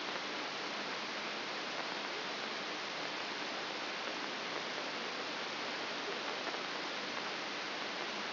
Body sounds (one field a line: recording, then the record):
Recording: brain microelectrode recording played as sound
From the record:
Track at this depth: inside the subthalamic nucleus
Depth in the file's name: 3.502 mm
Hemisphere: left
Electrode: 3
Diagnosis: Parkinson's disease